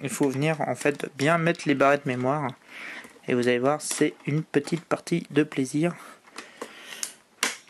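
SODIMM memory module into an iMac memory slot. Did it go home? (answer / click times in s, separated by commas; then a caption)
yes / 7.4 s. Someone talks while pushing a DDR3 SODIMM memory module into its slot inside a 27-inch iMac, followed by a few small clicks and taps. The module locks home with a loud, sharp click at 7.4 seconds, showing it is properly seated.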